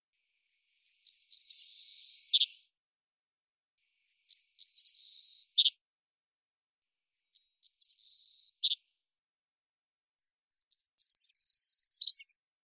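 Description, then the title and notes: Savannah sparrow singing four times, about every three seconds: a few high, thin ticks, then a dry buzzy trill ending in a lower slurred note. Collected song variants, isolated and processed from originals; recorded in Washington, Pacific Northwest, United States. "Savannah Sparrow Passerculus sandwichensis, collected song variants, isolated and processed from originals. Recorded in the beautiful Pacific Northwest, Washington, United States"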